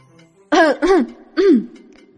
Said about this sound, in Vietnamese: Triệu Phổ ho khan một tiếng, túm lấy hai tiểu hài nhi.